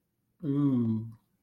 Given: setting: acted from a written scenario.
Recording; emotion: vocal sound without words; awe